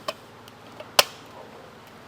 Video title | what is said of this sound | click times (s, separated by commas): Self Install - Setting up a Lite Beam | We want to hear that click and we want to be nice and stable. | 1.0 s